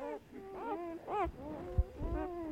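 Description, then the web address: Dog whining in a few brief, wavering cries over low rumbling noise and a single knock. "animali cani cani dog"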